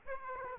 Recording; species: mosquito wingbeat signal from an infrared sensor; Aedes aegypti